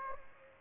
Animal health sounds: mosquito wingbeat signal from an infrared sensor; Aedes aegypti

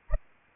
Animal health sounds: mosquito wingbeat signal from an infrared sensor; Anopheles arabiensis

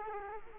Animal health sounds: mosquito wingbeat signal from an infrared sensor; Culex quinquefasciatus

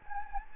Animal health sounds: mosquito wingbeat signal from an infrared sensor; Anopheles gambiae

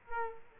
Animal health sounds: mosquito wingbeat signal from an infrared sensor; Culex quinquefasciatus

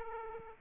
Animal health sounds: mosquito wingbeat signal from an infrared sensor; Aedes aegypti

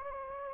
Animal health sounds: mosquito wingbeat signal from an infrared sensor; Anopheles gambiae

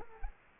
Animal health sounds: mosquito wingbeat signal from an infrared sensor; Culex quinquefasciatus

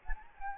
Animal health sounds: mosquito wingbeat signal from an infrared sensor; Anopheles gambiae

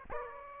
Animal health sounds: mosquito wingbeat signal from an infrared sensor; Aedes aegypti

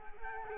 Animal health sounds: mosquito wingbeat signal from an infrared sensor; Culex quinquefasciatus

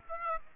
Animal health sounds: mosquito wingbeat signal from an infrared sensor; Aedes aegypti

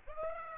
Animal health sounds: mosquito wingbeat signal from an infrared sensor; Aedes aegypti

